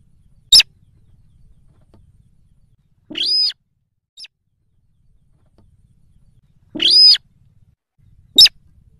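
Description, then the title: Yellow-vented Bulbul calls: brief sharp notes alternating with longer notes, spaced irregularly over several seconds in an otherwise quiet background. Lure recording used to attract birds for trapping. "PIKAT TRUCUKAN"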